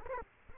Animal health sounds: mosquito wingbeat signal from an infrared sensor; Culex quinquefasciatus

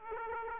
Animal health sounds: mosquito wingbeat signal from an infrared sensor; Aedes aegypti

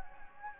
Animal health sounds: mosquito wingbeat signal from an infrared sensor; Anopheles gambiae

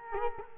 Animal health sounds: mosquito wingbeat signal from an infrared sensor; Culex quinquefasciatus

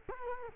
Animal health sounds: mosquito wingbeat signal from an infrared sensor; Culex quinquefasciatus

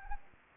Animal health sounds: mosquito wingbeat signal from an infrared sensor; Anopheles arabiensis

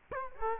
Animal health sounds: mosquito wingbeat signal from an infrared sensor; Culex quinquefasciatus

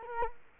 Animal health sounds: mosquito wingbeat signal from an infrared sensor; Culex quinquefasciatus

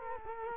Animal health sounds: mosquito wingbeat signal from an infrared sensor; Culex quinquefasciatus

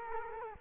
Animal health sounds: mosquito wingbeat signal from an infrared sensor; Culex quinquefasciatus

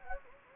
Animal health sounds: mosquito wingbeat signal from an infrared sensor; Anopheles gambiae

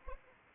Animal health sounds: mosquito wingbeat signal from an infrared sensor; Anopheles arabiensis

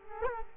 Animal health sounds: mosquito wingbeat signal from an infrared sensor; Culex quinquefasciatus

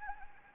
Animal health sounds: mosquito wingbeat signal from an infrared sensor; Anopheles arabiensis

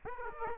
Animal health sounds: mosquito wingbeat signal from an infrared sensor; Aedes aegypti

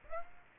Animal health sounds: mosquito wingbeat signal from an infrared sensor; Aedes aegypti

